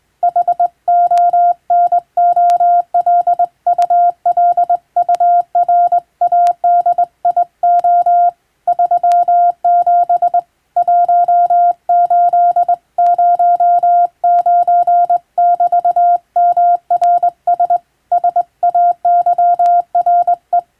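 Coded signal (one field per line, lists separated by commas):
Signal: Morse code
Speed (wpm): 21 wpm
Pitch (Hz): 700 Hz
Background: none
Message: HONOLULURADIO 37 1809<BT>MRS SAYRE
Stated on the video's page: Hand-keyed Morse practice from a marine radiotelegraph operator, sending telegram texts as receiving training.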